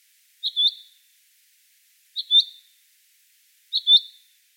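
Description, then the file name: Common chaffinch calls: three sharp, clear double notes, each a quick pip followed by a slightly longer tone, spaced about a second and a half apart. "Fringilla coelebs"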